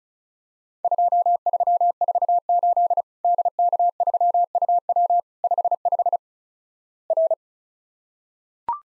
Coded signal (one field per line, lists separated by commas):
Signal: Morse code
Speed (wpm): 36 wpm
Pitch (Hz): 700 Hz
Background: none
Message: 2348 DK3UW 55 R